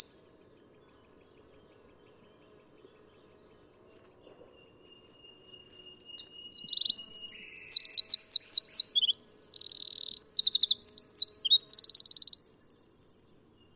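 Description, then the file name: Eurasian wren singing after nearly six seconds of quiet: a long, fast torrent of shrill twitters, rapid trills and buzzy rattled notes, ending abruptly. "Troglodytes troglodytes"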